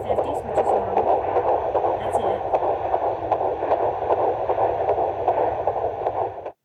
Heartbeat is in the 150s, which is normal.